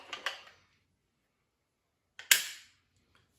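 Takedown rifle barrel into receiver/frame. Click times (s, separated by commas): 2.2 s, 2.3 s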